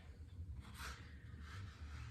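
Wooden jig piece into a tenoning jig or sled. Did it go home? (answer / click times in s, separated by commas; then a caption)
no / none. A wooden jig piece is handled and fitted toward its slot in a tenoning jig or sled during a tenoning setup for cabinet door rails. Soft rubbing and sliding sounds, with a brighter scrape around 0.8 s, play over a steady low hum. Nothing has seated or clicked yet.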